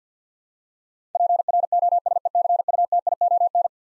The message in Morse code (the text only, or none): PROSECUTION